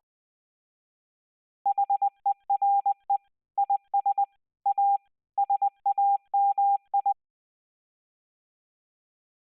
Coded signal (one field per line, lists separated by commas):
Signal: Morse code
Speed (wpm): 20 wpm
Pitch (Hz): 800 Hz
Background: none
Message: HERE IS A SAMI